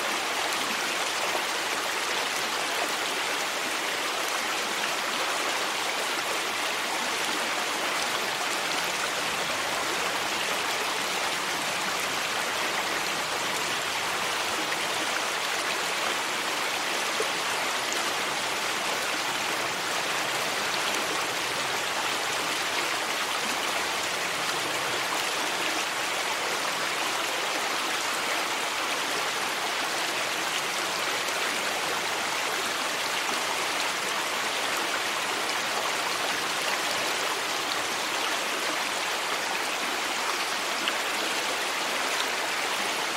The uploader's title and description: Peaceful River Sounds. These flowing river sounds and trickling water sounds